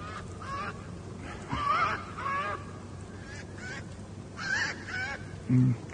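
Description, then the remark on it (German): A pair of unusually large hooded crows in an ash tree call in a series of harsh, nasal caws, loud bursts coming every second or so over a steady low rumble of background noise, with no one speaking. “Es sind Nebelkrähen.”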